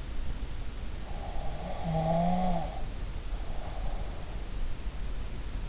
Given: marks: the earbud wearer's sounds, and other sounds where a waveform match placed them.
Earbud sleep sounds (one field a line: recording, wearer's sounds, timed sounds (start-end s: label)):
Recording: sounds in sleep by an in-ear microphone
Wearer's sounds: breath, snoring breath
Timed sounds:
1.35-4.39 s: breath
1.57-2.84 s: snoring breath